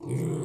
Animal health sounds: pig call; weaner (32 to 43 days)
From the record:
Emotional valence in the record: negative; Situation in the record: novel object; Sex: female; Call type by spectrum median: low-frequency call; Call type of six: low-frequency stable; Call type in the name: low-frequency stable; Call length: 0.45 s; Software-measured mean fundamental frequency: 62 Hz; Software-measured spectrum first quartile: 146 Hz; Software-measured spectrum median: 266 Hz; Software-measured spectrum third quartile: 556 Hz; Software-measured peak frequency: 150 Hz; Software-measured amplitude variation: 114 dB a second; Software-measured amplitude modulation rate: 21.1 a second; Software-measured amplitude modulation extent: 5.4 dB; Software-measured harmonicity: 7.2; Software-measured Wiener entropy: -0.58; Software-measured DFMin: 926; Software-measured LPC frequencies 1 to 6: 328, 2172, 3196, 4440, 5588, 8010 Hz

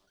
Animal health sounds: pig call; piglet (1 to 25 days)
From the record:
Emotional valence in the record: positive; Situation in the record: short reunion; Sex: male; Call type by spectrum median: low-frequency call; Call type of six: low-frequency tonal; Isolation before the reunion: 3 minutes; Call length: 0.11 s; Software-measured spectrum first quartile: 718 Hz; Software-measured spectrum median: 2081 Hz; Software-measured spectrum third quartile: 5807 Hz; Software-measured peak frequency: 1446 Hz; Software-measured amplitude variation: 79 dB a second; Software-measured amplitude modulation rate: 18.3 a second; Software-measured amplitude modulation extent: 4.3 dB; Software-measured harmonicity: 0.5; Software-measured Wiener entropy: -1.25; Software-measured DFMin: 959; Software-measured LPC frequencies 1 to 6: 651, 1449, 3294, 4354, 5854, 7058 Hz

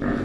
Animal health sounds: pig call; growing-finishing pig (85 days or more)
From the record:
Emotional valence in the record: negative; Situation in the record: barren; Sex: male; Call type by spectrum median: low-frequency call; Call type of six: low-frequency stable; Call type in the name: low-frequency stable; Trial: 2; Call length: 0.24 s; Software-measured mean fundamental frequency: 60 Hz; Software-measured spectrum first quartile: 223 Hz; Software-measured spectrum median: 358 Hz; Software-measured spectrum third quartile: 881 Hz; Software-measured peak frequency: 263 Hz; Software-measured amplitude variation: 144 dB a second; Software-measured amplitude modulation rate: 32.9 a second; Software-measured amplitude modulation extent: 4.4 dB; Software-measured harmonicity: 0.6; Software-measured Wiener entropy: -1.14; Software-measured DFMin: 768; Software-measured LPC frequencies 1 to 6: 343, 1288, 1769, 3582, 5706, 6924 Hz

